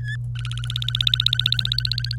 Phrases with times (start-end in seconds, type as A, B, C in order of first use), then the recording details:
0.00-0.16 A, 0.35-2.16 B. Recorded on 26 April 2018 at 06:34. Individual llb3